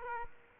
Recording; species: mosquito wingbeat signal from an infrared sensor; Aedes aegypti